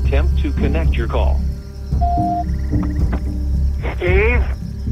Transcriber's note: soundbite of beep